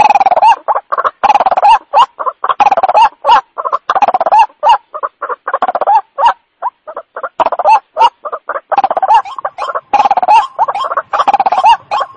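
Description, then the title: White-breasted waterhen giving loud, dense croaks and clucks, a near-continuous chattering stream with brief gaps. Lure sound used for catching the bird (panciang). "Panciang Suara Burung Ruak Ruak"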